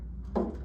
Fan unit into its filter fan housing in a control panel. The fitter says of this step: into its spot now this can just snap right into place